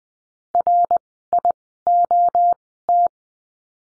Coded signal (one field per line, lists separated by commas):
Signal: Morse code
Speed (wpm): 20 wpm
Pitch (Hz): 700 Hz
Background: none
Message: RIOT